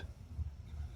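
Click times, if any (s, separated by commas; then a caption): none. A plastic ink cartridge is handled against the post of a Tornado fountain pen nib section, ready to be pushed on until it snaps home. Only a low, steady rumble and faint handling noise are heard, with no sharp clicks. The cartridge has not seated or snapped into place yet.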